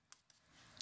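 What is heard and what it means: A handgun is pushed into a kydex holster: two faint ticks at 0.1 and 0.3 s, a rising rustle as it slides in, then a sharp click at 0.8 s as the retention snaps it in place. The handgun is locked into the holster.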